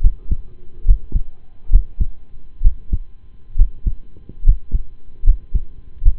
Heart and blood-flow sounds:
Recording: heart sounds by stethoscope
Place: between the tricuspid and mitral areas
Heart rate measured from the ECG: 70 bpm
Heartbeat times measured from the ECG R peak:
0.01 s: heartbeat
0.85 s: heartbeat
1.70 s: heartbeat
2.62 s: heartbeat
3.56 s: heartbeat
4.43 s: heartbeat
5.24 s: heartbeat
6.02 s: heartbeat
From the record:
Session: rest, lying down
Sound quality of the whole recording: partially saturated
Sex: male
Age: 25 years

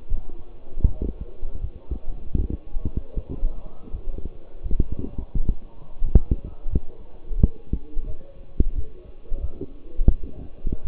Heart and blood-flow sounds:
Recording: heart sounds by stethoscope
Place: between the tricuspid and mitral areas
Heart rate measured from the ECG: 84 bpm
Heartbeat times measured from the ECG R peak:
0.09 s: heartbeat
0.84 s: heartbeat
1.60 s: heartbeat
2.35 s: heartbeat
3.14 s: heartbeat
3.91 s: heartbeat
4.62 s: heartbeat
5.34 s: heartbeat
6.02 s: heartbeat
6.69 s: heartbeat
7.37 s: heartbeat
8.05 s: heartbeat
8.75 s: heartbeat
9.40 s: heartbeat
10.08 s: heartbeat
10.83 s: heartbeat
From the record:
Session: walking at 3.7 km/h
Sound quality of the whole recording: partially saturated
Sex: male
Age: 24 years

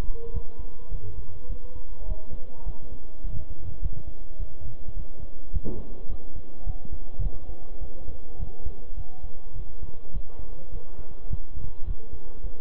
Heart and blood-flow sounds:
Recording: heart sounds by stethoscope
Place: between the tricuspid and mitral areas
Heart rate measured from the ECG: 104 bpm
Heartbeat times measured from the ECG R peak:
0.34 s: heartbeat
0.91 s: heartbeat
1.50 s: heartbeat
2.08 s: heartbeat
2.66 s: heartbeat
3.24 s: heartbeat
3.82 s: heartbeat
4.39 s: heartbeat
4.97 s: heartbeat
5.53 s: heartbeat
6.09 s: heartbeat
6.66 s: heartbeat
7.23 s: heartbeat
7.81 s: heartbeat
8.40 s: heartbeat
8.97 s: heartbeat
9.56 s: heartbeat
10.14 s: heartbeat
10.72 s: heartbeat
11.31 s: heartbeat
11.87 s: heartbeat
12.44 s: heartbeat
From the record:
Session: bicycle stress test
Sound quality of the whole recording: good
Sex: male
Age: 23 years

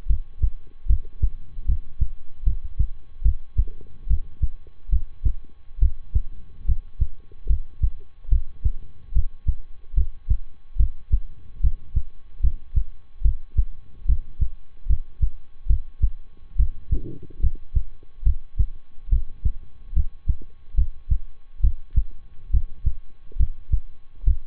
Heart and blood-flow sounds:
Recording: heart sounds by stethoscope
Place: between the tricuspid and mitral areas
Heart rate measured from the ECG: 72 bpm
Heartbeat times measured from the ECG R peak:
0.06 s: heartbeat
0.86 s: heartbeat
1.65 s: heartbeat
2.43 s: heartbeat
3.22 s: heartbeat
4.07 s: heartbeat
4.89 s: heartbeat
5.79 s: heartbeat
6.65 s: heartbeat
7.46 s: heartbeat
8.28 s: heartbeat
9.12 s: heartbeat
9.94 s: heartbeat
10.76 s: heartbeat
11.60 s: heartbeat
12.40 s: heartbeat
13.21 s: heartbeat
14.05 s: heartbeat
14.86 s: heartbeat
15.66 s: heartbeat
16.56 s: heartbeat
17.40 s: heartbeat
18.23 s: heartbeat
19.09 s: heartbeat
19.93 s: heartbeat
20.74 s: heartbeat
21.60 s: heartbeat
22.50 s: heartbeat
23.36 s: heartbeat
24.24 s: heartbeat
From the record:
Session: rest, lying down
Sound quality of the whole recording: good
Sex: male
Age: 23 years

